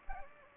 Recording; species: mosquito wingbeat signal from an infrared sensor; Anopheles gambiae